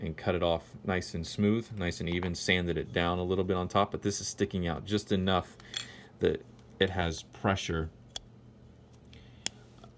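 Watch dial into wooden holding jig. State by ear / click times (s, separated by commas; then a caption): seated / 9.5 s. A thin metal watch dial is pressed down onto a wooden holding jig board, its feet going into drilled holes while a nail that was hacksawed off and sanded smooth presses against it. Someone talks for most of the clip, then a few faint ticks give way to a sharp snap at 9.5 s. The dial seats into the jig and will not move.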